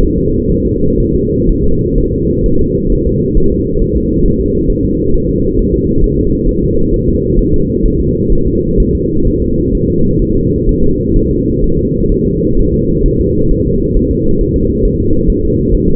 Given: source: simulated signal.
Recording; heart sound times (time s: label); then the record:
fetal heart sounds
0.03 s: S1
0.18 s: S2
0.52 s: S1
0.67 s: S2
1.00 s: S1
1.15 s: S2
1.49 s: S1
1.64 s: S2
1.98 s: S1
2.13 s: S2
2.46 s: S1
2.61 s: S2
2.92 s: S1
3.07 s: S2
3.37 s: S1
3.52 s: S2
3.82 s: S1
3.96 s: S2
4.26 s: S1
4.40 s: S2
4.70 s: S1
4.85 s: S2
5.14 s: S1
5.29 s: S2
5.59 s: S1
5.74 s: S2
6.04 s: S1
6.19 s: S2
6.49 s: S1
6.63 s: S2
6.94 s: S1
7.08 s: S2
7.39 s: S1
7.54 s: S2
7.86 s: S1
8.00 s: S2
8.33 s: S1
8.47 s: S2
8.80 s: S1
8.95 s: S2
9.28 s: S1
9.42 s: S2
9.75 s: S1
9.90 s: S2
10.22 s: S1
10.37 s: S2
10.69 s: S1
10.84 s: S2
11.16 s: S1
11.31 s: S2
11.64 s: S1
11.79 s: S2
12.12 s: S1
12.27 s: S2
12.59 s: S1
12.74 s: S2
13.06 s: S1
13.21 s: S2
13.52 s: S1
13.66 s: S2
13.97 s: S1
14.11 s: S2
14.41 s: S1
14.56 s: S2
14.85 s: S1
15.00 s: S2
15.30 s: S1
15.45 s: S2
15.74 s: S1
15.89 s: S2
From the record:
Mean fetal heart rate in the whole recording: 130 bpm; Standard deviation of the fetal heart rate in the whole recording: 4 bpm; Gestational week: 38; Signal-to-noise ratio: -16.4 dB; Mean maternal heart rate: 72 bpm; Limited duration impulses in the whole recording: present